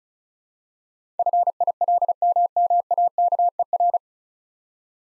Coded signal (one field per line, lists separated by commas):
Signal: Morse code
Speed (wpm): 36 wpm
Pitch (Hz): 700 Hz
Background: none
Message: FILMMAKER